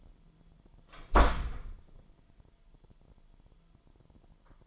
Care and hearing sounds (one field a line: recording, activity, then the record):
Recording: daily activity, microphone in the room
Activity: close door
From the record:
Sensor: 5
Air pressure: 998.5 hPa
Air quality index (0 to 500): 82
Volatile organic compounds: 1 ppm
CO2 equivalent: 932 ppm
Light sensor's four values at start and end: 31/75/31/34 and 31/75/31/34